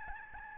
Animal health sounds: mosquito wingbeat signal from an infrared sensor; Aedes albopictus

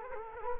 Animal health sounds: mosquito wingbeat signal from an infrared sensor; Culex quinquefasciatus

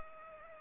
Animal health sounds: mosquito wingbeat signal from an infrared sensor; Culex pipiens

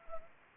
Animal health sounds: mosquito wingbeat signal from an infrared sensor; Anopheles arabiensis

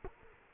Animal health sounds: mosquito wingbeat signal from an infrared sensor; Culex quinquefasciatus

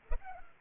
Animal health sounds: mosquito wingbeat signal from an infrared sensor; Culex pipiens

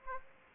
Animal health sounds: mosquito wingbeat signal from an infrared sensor; Aedes aegypti

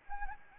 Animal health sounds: mosquito wingbeat signal from an infrared sensor; Anopheles arabiensis

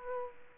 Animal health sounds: mosquito wingbeat signal from an infrared sensor; Aedes aegypti

